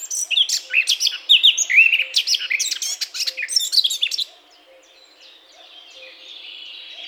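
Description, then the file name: Eurasian blackcap song: a fast, varied warble of chirps and whistled phrases for about four seconds, then near silence with faint hiss. "Sylvia atricapilla"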